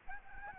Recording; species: mosquito wingbeat signal from an infrared sensor; Aedes albopictus